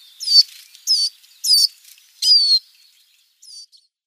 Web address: Schulze Peter Siskin calls